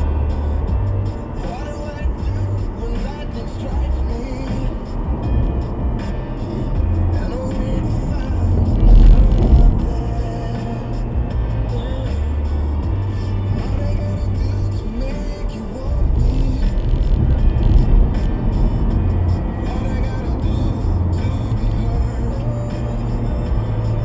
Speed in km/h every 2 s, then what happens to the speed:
79, 85, 84, 76, 74, 74, 63, 61, 69, 76, 76, 82.
4-6 brakes to 76. 10-14 slows to 61. 14-18 speeds up to 76. 21-24 speeds up to 82.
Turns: none.